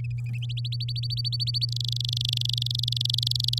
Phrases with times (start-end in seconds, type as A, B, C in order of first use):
0.42-1.65 A, 1.69-3.59 B